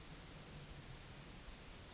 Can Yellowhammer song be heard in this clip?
no